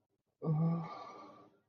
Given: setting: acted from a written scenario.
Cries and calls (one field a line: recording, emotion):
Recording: vocal sound without words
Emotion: ecstasy